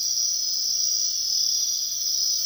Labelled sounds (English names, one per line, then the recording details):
none
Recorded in secondary vegetation near Puerto Asís, Putumayo, Colombia, on 19 February 2024 at 03:30
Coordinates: 0.500, -76.326
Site G6428